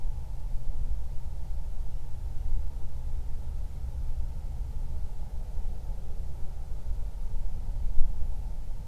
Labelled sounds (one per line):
wind